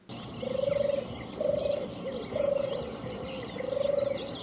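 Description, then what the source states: European turtle dove purring: low, rolling purrs repeated four times, over a background of chattering birds and steady noise. Named for its purring sound.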